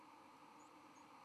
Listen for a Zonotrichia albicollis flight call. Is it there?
no